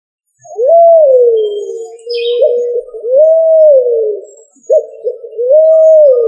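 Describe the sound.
Pigeon cooing, a series of smooth rising-and-falling coos with short notes between, and a brief higher sound in the background.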